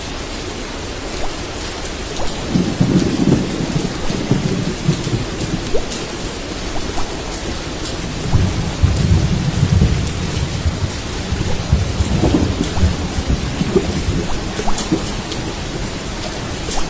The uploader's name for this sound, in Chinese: 山洞听雨